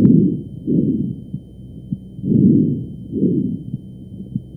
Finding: Broncho Vesicular.